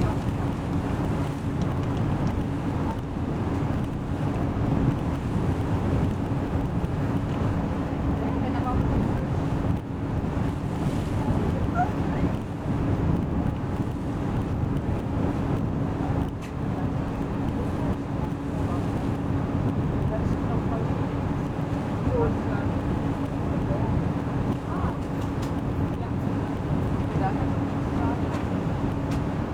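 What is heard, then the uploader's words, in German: Aboard the ferry from Konstanz to Meersburg, a deep engine rumble drones on steadily for the whole stretch with a constant low hum riding on top. Wind buffets the microphone throughout, and faint voices come and go underneath. Auf der Fähre von Konstanz nach Meersburg. An das nördliche Ufer des Bodensees. Im Oktober 2018. Habe ein paar Höreindrücke von der Überfahrt gesammelt.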